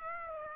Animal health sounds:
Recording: mosquito wingbeat signal from an infrared sensor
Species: Aedes aegypti

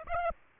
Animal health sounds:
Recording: mosquito wingbeat signal from an infrared sensor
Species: Aedes aegypti

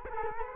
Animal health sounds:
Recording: mosquito wingbeat signal from an infrared sensor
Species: Culex quinquefasciatus

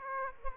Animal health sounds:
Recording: mosquito wingbeat signal from an infrared sensor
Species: Aedes aegypti

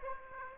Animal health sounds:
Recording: mosquito wingbeat signal from an infrared sensor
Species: Aedes aegypti

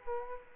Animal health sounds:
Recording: mosquito wingbeat signal from an infrared sensor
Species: Culex quinquefasciatus

